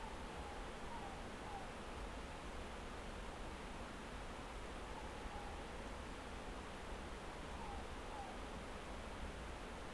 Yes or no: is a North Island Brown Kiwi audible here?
no